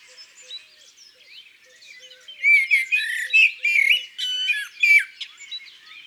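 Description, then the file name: Eurasian magpie calls: faint twittering at first, then a loud run of harsh, squawking chatter notes lasting around three seconds. Recorded in the countryside. "Pie bavarde Chants doiseaux dans la campagne"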